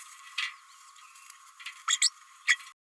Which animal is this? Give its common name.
Green-rumped Parrotlet